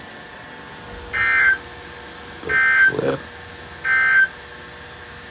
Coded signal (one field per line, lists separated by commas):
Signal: Emergency Alert System (SAME) tones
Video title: Little Bit Of Everything (EAS 641-659)